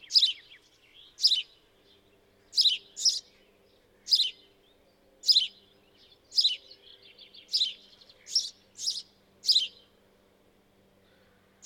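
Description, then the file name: House sparrow giving repeated sharp chirps, single and paired, about one per second. "Passer domesticus"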